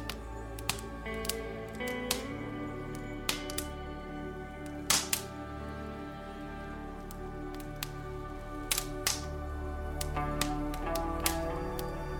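A fireplace crackles with sharp, irregular pops about every second over soft, steady music that holds low sustained tones throughout.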